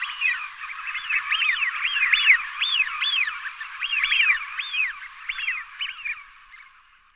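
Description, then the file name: Eurasian wigeon whistles: many arched rising-and-falling notes, overlapping in a continuous stream. "Hvizdak euroasijsky Anas penelope"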